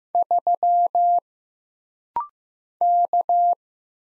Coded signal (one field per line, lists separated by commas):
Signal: Morse code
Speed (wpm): 15 wpm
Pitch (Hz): 700 Hz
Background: none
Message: 3 K